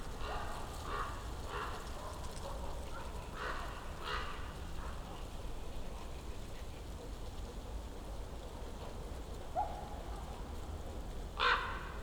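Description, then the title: Common ravens croaking in a loose series early on, then quieter, with a final louder croak near the end over constant low rumbling background noise. Ravens circling above the recordist, who crouched among young beeches on Patnik mountain side, Goworów, Poland, for over ten minutes; New Year's walk; Zoom F4, AT BP4025. "Patnik mountain side, Goworów, Poland - Circling ravens"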